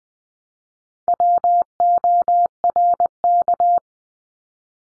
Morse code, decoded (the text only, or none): WORK